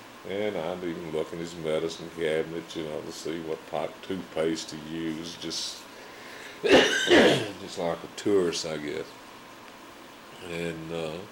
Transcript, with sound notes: And I'm even--look in his medicine cabinets, you know, to see what type toothpaste he used Just [coughs] --just like a tourist, I guess, and